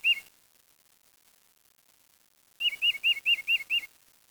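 Bird song: a short whistled note, a pause, then a quick series of identical looping whistles at an even mid-high pitch, all clear against quiet.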